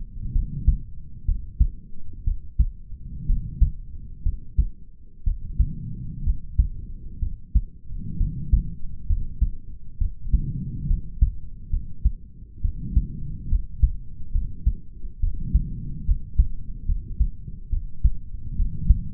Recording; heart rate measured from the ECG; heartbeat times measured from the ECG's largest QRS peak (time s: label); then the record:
heart sounds by stethoscope; 66 bpm
0.32 s: heartbeat
1.25 s: heartbeat
2.24 s: heartbeat
3.26 s: heartbeat
4.23 s: heartbeat
5.24 s: heartbeat
6.24 s: heartbeat
7.19 s: heartbeat
8.17 s: heartbeat
9.07 s: heartbeat
9.98 s: heartbeat
10.87 s: heartbeat
11.70 s: heartbeat
12.62 s: heartbeat
13.49 s: heartbeat
14.32 s: heartbeat
15.20 s: heartbeat
16.05 s: heartbeat
16.86 s: heartbeat
17.70 s: heartbeat
18.56 s: heartbeat
From the record:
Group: healthy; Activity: rest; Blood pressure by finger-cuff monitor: 91/64 mmHg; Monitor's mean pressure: 72 mmHg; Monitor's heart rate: 63 bpm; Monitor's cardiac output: 4.5 L/min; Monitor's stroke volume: 75 mL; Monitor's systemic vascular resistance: 1160 dyn s/cm5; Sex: male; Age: 20 years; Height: 187 cm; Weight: 68.9 kg